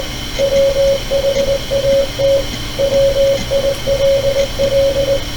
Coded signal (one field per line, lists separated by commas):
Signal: Morse code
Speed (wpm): 20 wpm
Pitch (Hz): 550 Hz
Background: radio noise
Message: WHAT WILL